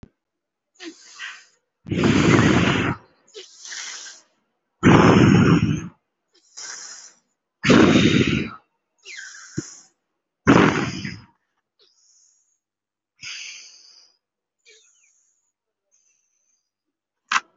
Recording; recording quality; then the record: deep breathing; excellent, no background noise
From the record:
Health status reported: respiratory illness, not identified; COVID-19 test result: negative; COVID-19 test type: RT-PCR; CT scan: taken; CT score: 0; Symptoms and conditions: another respiratory illness, another condition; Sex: male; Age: 20 years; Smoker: no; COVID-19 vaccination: one dose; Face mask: worn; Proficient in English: yes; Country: India